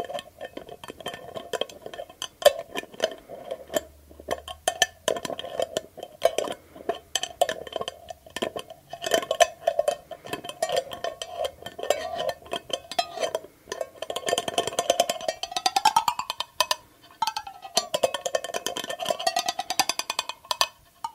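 Glass dropper bottle and lid clinking and scraping steadily throughout, with bright rubbing squeaks rising and falling near the end.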